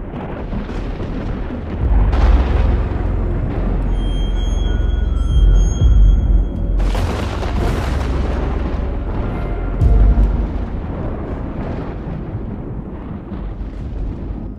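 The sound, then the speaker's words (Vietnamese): A giant lightning bolt strikes down from the sky onto a jujube tree: a massive thunderous blast with deep rumbling low end, sharp crackling bursts around two, seven and ten seconds, and a sustained roaring rumble that rolls on without voices. “Tiếng nổ vang cả trời đất. Một luồng sét khổng lồ từ trên thiên không, theo lệnh của Trần Long, đánh thẳng xuống cây táo.”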